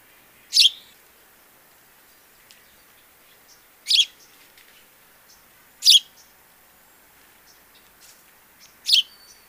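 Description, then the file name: House Sparrow calling with four loud, brief chirps at uneven intervals of about two to three and a half seconds, faint ticks between, otherwise quiet. "Passer domesticus"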